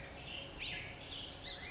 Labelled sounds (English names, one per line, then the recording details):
California Towhee
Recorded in Sonoma County, California